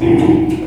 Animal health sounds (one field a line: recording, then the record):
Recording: squeal of a Yucatan mini pig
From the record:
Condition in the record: before surgery on the right vocal fold (resection and tissue-engineered implant)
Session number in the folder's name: 2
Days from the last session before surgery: -15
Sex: female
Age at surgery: 19 weeks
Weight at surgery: 25 kg